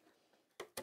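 The automatic needle threader mechanism on a sewing machine, found not clicked into place, is pushed home. After a quiet stretch, two short, sharp clicks sound at 0.6 s and 0.8 s, and the threader is seated.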